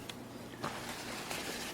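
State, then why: Not seated. The folding armrest of a WEYRAL Ultra Lightweight Folding Wheelchair, a transport wheelchair with honeycomb tires, is folded up and under toward its lock on the wheelchair frame. Two brief handling noises stand out at 0.1 s and 0.6 s over a steady background hiss. The armrest has not locked into place or clicked yet.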